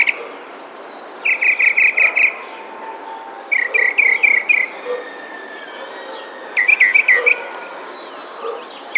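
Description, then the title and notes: Tropical mockingbird song: quick series of sharp, repeated chirps in tight bursts, followed by gaps, then a new burst of similar notes. Sings in spring, May 2021, in a neighbourhood park in San Cristóbal de Las Casas, Chiapas. "Cenzontle tropical que canta en primavera mientras alguien que hace ejercicio pasa a lo lejos en el parque de una colonia en San Cristóbal de Las Casas, Chiapas. Mayo 2021"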